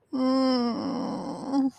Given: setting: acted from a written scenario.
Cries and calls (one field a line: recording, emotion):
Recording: vocal sound without words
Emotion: ecstasy